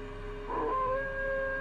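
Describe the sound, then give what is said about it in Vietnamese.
Dogs howl in the distance, long drawn-out wails with steady, slightly wavering pitch that swell in after a brief quiet moment and overlap as they carry on faintly. “Từ xa vọng lại, Sinh còn nghe cả tiếng chó tru lên từng hồi.”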